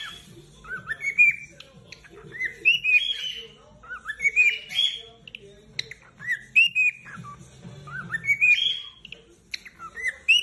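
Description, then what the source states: Cockatiel song: rising, warbled whistle phrases recurring roughly every two seconds over low background chatter. Several cockatiels singing, whistling song.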